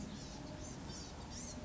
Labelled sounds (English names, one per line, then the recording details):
Blue-gray Gnatcatcher
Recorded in Sonoma County, California